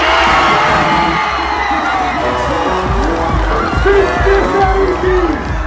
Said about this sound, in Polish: Nadzieję złamał Kylian Mbappé, kiedy strzelił na 1-0 dla Francji, ale kiedy Robert Lewandowski po powtórzonym karnym wyrównał w warszawskiej strefie kibica, wybuchła euforia.